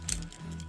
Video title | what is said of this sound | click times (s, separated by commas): Patriot Prime Reviews Transformers Masterpiece Optimus Primal (MP-32 Convoy Beast Wars) | get that snap back in | 0.1 s